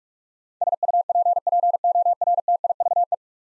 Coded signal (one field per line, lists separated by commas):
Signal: Morse code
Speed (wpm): 43 wpm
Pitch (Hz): 700 Hz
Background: none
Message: SUPPORTIVE